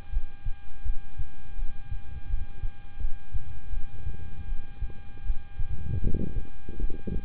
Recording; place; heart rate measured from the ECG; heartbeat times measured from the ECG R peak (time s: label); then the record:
heart sounds by stethoscope; between the tricuspid and mitral areas; 81 bpm
0.10 s: heartbeat
0.83 s: heartbeat
1.56 s: heartbeat
2.27 s: heartbeat
2.98 s: heartbeat
3.71 s: heartbeat
4.46 s: heartbeat
5.23 s: heartbeat
6.00 s: heartbeat
6.78 s: heartbeat
From the record:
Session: rest, lying down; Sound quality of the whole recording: good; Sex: male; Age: 26 years